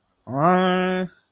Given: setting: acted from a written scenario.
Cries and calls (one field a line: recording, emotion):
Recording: vocal sound without words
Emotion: confusion